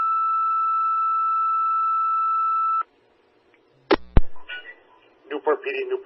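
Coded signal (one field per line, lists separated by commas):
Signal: two-tone page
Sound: a single steady high tone for about three seconds, then radio clicks and a voice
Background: dispatcher voice, radio clicks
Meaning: Alerts Newport City Fire to a structure fire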